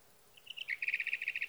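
Sage thrasher song: a few introductory notes leading into a fast, even trill of repeated chips, with steady hiss behind.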